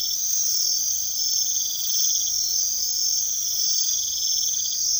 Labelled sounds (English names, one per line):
none